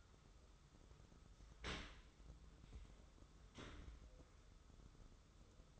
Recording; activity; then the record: daily activity, microphone in the room; open dishwasher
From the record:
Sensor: 3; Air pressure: 995.8 hPa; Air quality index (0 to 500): 97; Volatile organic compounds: 14 ppm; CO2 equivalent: 2436 ppm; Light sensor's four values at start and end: 29/87/37/32 and 29/87/37/32